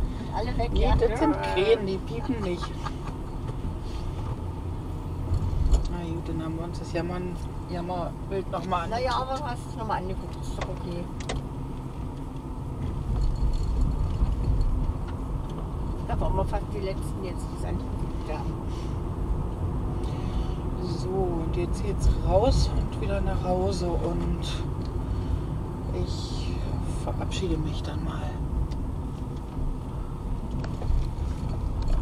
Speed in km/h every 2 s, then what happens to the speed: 27, 30, 30, 28, 27, 26, 26, 25, 25, 25, 25, 27, 29, 30, 25, 24.
0-26 steady at about 27. 26-32 slows to 24.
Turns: none.